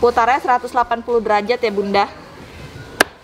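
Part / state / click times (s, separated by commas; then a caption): rotating seat into stroller frame swivel lock / seated / 3.0 s. A Pacifik Micro Trike baby stroller's rotating seat is turned 180° after its rear release button is pressed, until its swivel lock in the stroller frame engages. Someone talks for the first two seconds, then a sharp click rings out at 3.0 s as the seat locks into place for face-to-face use.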